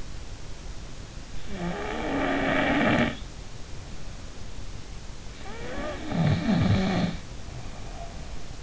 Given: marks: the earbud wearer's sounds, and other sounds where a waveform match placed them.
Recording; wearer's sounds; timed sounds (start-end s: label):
sounds in sleep by an in-ear microphone; snoring breath
1.48-3.46 s: snoring breath
5.49-8.63 s: snoring breath